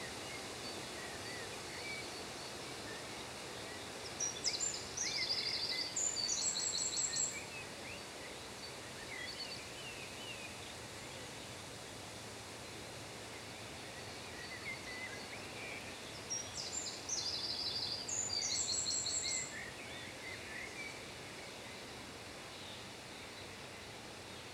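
Wind rushes steadily through trees and meadow grass, a dense, even hiss of rustling leaves with no pauses. Twice, around 4–7 seconds and again around 16–20 seconds, a bird sings a short run of bright, high chirps above the rustle.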